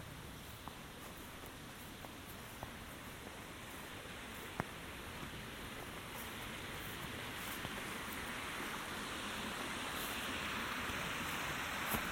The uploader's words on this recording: Walk in Pennsylvania. A walk in Michaux State Forest.